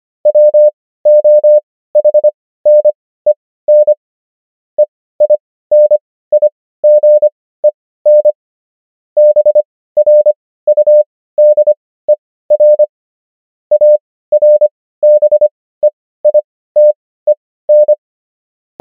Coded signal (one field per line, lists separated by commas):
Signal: Morse code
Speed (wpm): 25 wpm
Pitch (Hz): 600 Hz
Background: none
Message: WOHNEN EINIGEN BRUDER ARBEITEN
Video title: morse Übung | 25wpm | 16fw | 500 häufigsten Wörter | DEUTSCH